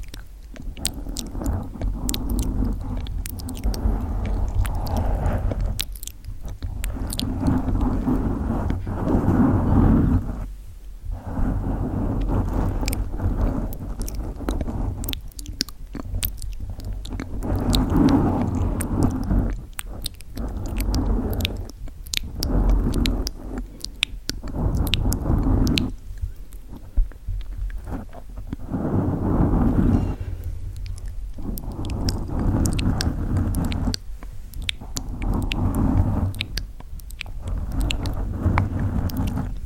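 Gentle wet mouth sounds with soft chewing-like squishes and clicks, coming in bursts separated by brief quiet gaps about every few seconds. Scratchy bright ticks and rustles run through each burst over a steady low rumble that persists throughout.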